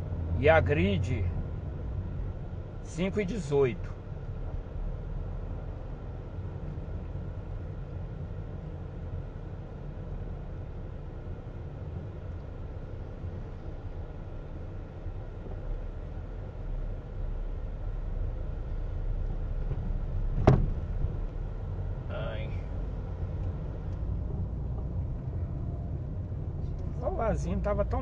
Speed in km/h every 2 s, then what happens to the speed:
16, 14, 17, 17, 16, 13, 10, 10, 13, 13, 17, 23, 26, 21.
0-6 steady at about 16. 6-14 slows to 10. 14-23 speeds up to 26.